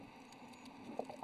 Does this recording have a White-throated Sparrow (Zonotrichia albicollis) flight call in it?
no